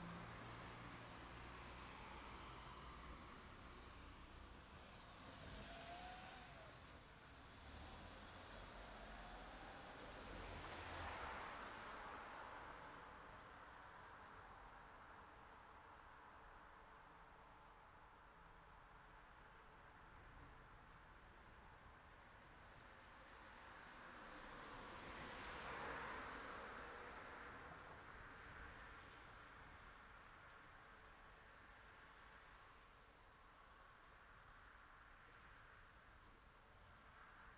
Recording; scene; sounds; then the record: everyday scene through a hearing-aid microphone; in traffic; traffic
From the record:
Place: city secondary road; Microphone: in the ear canal, left